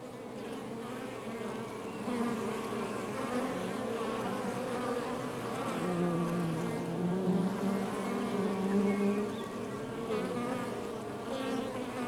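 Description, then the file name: Honey bees buzzing in a dense, steady hum from many insects, with wavering tones that swell slightly after the second second and hold to the end. Recorded outside the hive. "Demo 02 Ruche Exterieur 1"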